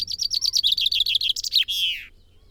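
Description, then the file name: Common chaffinch song, a fast series of repeated downward-slurred notes, then a few different notes and a loud terminal flourish, over faint low hum. "Fringilla coelebs"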